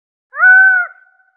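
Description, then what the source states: Bird giving a single steady, level call note lasting about half a second, rich in overtones, that then fades briefly. No other sounds. Desert bird.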